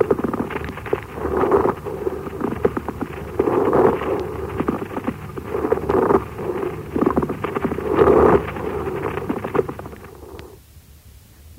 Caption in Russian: Трения плевры представляет собой прерывистый звук непостоянной интенсивности. Он выслушивается в обе фазы дыхания изменяется при надавливании фонендоскопом на грудную клетку, а при покашливании не изменяется. После покашливания. Плевры может выслушиваться при воспалении плевральных листков, сухой плеврит, отложении на них кристаллов мочевины, при уремии, а также при туберкулезном и раковом поражении этого отдела бронхолегочной системы.